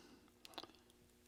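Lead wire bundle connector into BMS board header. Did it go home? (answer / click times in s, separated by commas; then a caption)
no / none. A keyed plastic lead wire-bundle connector with a tab on top is handled at its socket on the back of a battery management (BMS) board header. Several short, sharp ticks and taps are heard, the strongest around 0.5 to 0.6 s. Nothing has seated or clicked yet.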